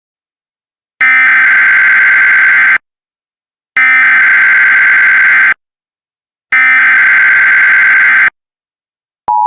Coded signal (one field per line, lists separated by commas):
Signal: Emergency Alert System (SAME) tones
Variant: header bursts